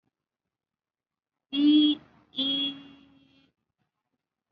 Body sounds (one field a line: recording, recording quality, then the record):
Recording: sustained vowel as in beet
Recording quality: excellent, no background noise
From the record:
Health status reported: COVID-19 positive, moderate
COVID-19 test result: positive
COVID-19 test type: RT-PCR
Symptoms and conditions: cough, cold, sore throat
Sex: female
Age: 23 years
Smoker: no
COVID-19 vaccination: one dose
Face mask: worn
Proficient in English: yes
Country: India